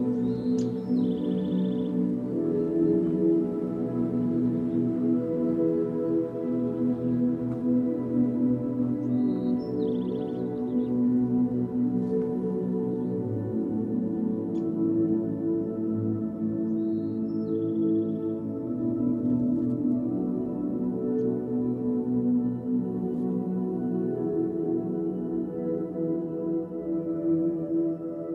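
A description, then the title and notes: At Patagonia Lake State Park in southeastern Arizona, a steady, dense hum of layered low tones drones on without a break. Three brief, high bird calls cut through it, near the start, around ten seconds and around seventeen seconds. Patagonia Lake State Park in SE Arizona.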